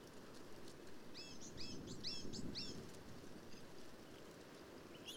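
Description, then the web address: Black-capped vireo song: a quick run of five or six sharp, high, looping notes in about one and a half seconds, against a low rumbling background. "birdsongforthecurious Black-capped Vireo"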